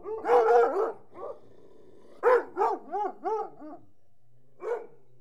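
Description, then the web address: Dogs barking in a rough burst, then a short pause followed by a run of four or five quick barks and one final lone bark. Hunting hounds growling and barking. "BBC Sound Effects Library. Hunting Hounds Growling"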